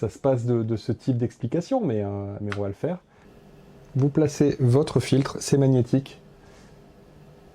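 A K&F Concept magnetic CPL/ND filter (kit with CPL, ND16, ND64 and ND256) is being handled before it is placed over the lens of a DJI Osmo Pocket 3 gimbal camera, while someone talks. The clip has speech from 0 to about 3 s and from 4 to 6 s, with quiet background in between and after. Nothing has seated or clicked yet.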